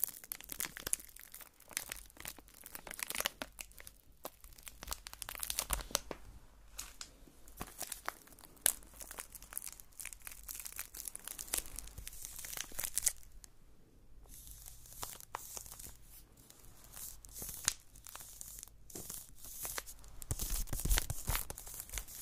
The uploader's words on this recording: ASMR Soap Carving. Relaxing soap cutting sounds.